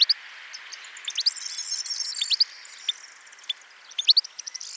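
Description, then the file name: European goldfinch calls: quick, high tinkling notes and chirps in small clusters, with light background hiss. "Carduelis carduelis"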